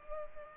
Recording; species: mosquito wingbeat signal from an infrared sensor; Culex pipiens